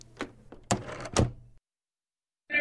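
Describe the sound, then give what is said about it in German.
A door swings and falls shut into its lock behind someone arriving at a base, a few hard clunks and a rattling latch over a low hum, then abrupt silence before a brief rustle at the very end. “Ich bin heilfroh, als ich in der Basis ankomme und die Tür hinter mir ins Schloss fällt.”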